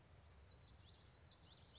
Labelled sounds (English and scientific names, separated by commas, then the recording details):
Common Yellowthroat (Geothlypis trichas)
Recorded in Sonoma County, California